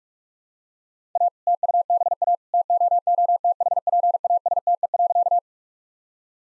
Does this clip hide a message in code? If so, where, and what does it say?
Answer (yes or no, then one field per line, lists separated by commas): yes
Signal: Morse code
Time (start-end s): 1.2-5.4 s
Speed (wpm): 46 wpm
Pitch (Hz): 700 Hz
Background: none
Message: A TUBA TOOTHPASTE.